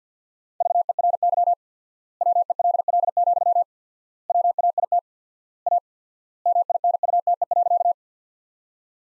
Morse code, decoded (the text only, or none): VERY WELL, WAIT A MINUTE.